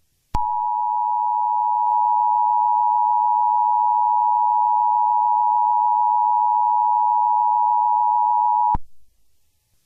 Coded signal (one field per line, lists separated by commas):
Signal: Emergency Alert System (SAME) tones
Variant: 853 and 960 Hz attention tone